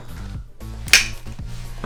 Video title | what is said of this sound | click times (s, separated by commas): How to Install Fabuletta Cordless Vacuum Cleaner: AWESOME Stick Vacuum Cleaner | clicks right in | 0.9 s